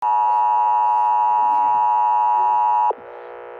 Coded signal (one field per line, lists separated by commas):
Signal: Emergency Alert System (SAME) tones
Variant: 853 and 960 Hz attention tone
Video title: special civil danger warning eas 2